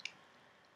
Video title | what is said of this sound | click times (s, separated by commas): G6R, Ego 11, Clone VX, Victory Comparison | so I like it it snaps into place | 0.0 s, 0.1 s